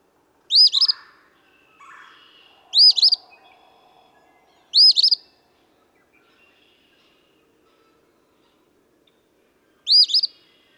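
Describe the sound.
Eastern phoebe repeating its burry two-part song four times, the first three about two seconds apart, then a longer gap; soft low calls of another bird early on.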